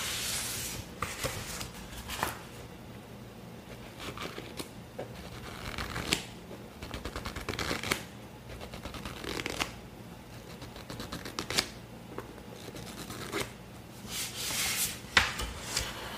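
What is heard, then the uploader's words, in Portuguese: ASMR sounds made with objects from a set: tapping, scratching and rustling handled close to the microphone. Bursts of bright scratchy rubbing come every couple of seconds, with quicker runs of clicks and taps between them, over a low steady hum. ASMR com os objetos do meu cenário de vídeos e lives.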